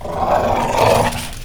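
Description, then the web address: Dog growling, one harsh, rough snarl held for about one and a half seconds, steady and menacing throughout. Aggressive dog, 3D sound. "3 D Sound - 3 D Keys VOL-1 Partition G MEAN 3 D DOG"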